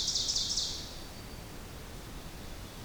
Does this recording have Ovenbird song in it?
yes